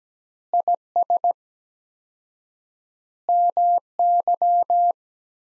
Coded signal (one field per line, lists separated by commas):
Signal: Morse code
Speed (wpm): 17 wpm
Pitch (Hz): 700 Hz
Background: none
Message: IS MY